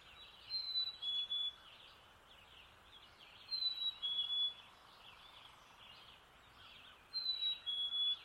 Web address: black capped chickadee call and distant river dawn